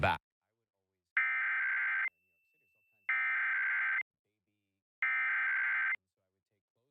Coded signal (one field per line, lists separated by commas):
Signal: Emergency Alert System (SAME) tones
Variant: header bursts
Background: speech